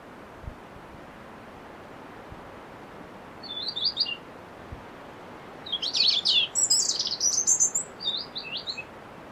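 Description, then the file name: European robin song: a brief high twitter, then a longer burst of rapid, very high tinkling notes and trills, against a steady hiss with a few soft low knocks. "Erithacus rubecula"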